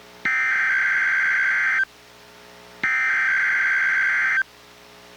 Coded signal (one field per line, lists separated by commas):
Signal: Emergency Alert System (SAME) tones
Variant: header bursts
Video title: EAS #882-883: NWR and EAS Required Monthly Tests- Oct. 19, 2023- 10:19AM PDT